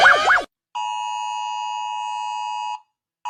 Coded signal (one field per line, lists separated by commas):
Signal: Emergency Alert System (SAME) tones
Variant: 853 and 960 Hz attention tone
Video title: Planty rating eas alarms part 1